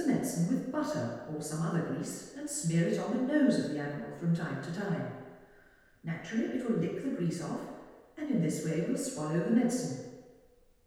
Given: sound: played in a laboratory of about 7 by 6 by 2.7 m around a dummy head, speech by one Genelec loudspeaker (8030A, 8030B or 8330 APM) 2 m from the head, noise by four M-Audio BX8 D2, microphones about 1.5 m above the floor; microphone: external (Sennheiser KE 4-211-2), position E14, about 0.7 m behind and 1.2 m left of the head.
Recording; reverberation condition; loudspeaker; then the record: female speech in English; high; 60 degrees to the right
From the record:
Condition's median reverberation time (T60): about 1300 ms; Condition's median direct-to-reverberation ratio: about -4.0 dB